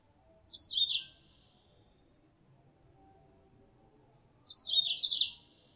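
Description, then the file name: Mozambique canary giving bright, high, rapid chirping bursts, each up to about a second long, about four seconds apart, over quiet background. Female; lure sound. "suara pancingan mozambik betina"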